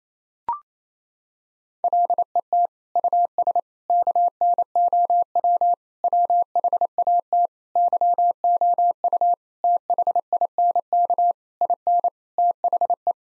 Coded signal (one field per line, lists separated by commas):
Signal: Morse code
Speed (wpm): 28 wpm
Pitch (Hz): 700 Hz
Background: none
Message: LET US KNOW WHAT YOU THINK IN THE